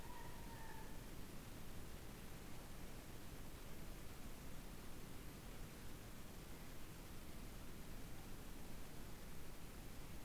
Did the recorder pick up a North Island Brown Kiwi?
no